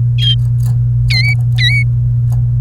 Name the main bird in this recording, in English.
Domestic Canary